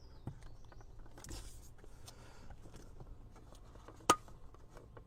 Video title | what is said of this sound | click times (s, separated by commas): Tesstudio® Cybertruck Screen Mount TEST: Does It Actually Fix Awkward Viewing Angles? | Okay, I heard that satisfying click. So, I think that | 4.1 s